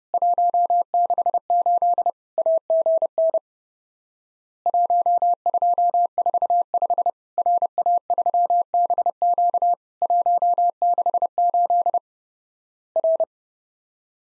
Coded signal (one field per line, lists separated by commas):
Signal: Morse code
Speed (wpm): 30 wpm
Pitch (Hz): 700 Hz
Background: none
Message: 168 AGN 1245 RA3BQ 168 R